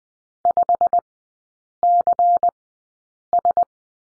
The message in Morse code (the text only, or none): 5CS